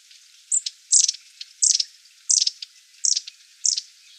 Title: Sylvain Jaskowiak - Mes piafs. Mésanges à longue queue